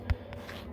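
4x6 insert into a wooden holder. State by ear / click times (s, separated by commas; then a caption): seated / 0.1 s. A 4x6 insert is pushed into a slot in a custom wooden holder and snaps into place at 0.1 s with a short, sharp click. A fainter tick follows at about 0.3 s against a low background hum, and the insert sits seated in the holder.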